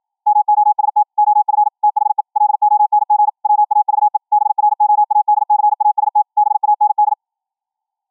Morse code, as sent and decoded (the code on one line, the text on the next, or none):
-- --- ... - / --- ..-. / - .... . / .-.. --- -. --. / .-- .- ...- . / -... .-. --- .- -.. -.-. .- ... - / -... .- -. -..
MOST OF THE LONG WAVE BROADCAST BAND